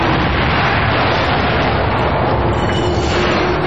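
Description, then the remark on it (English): An explosion sound effect used on The Tom Leykis Show radio call-in program to cut off a caller: a loud, dense roar of rumbling noise that holds steady for several seconds without fading, with no voices over it. “Go ahead and blow me up, man.”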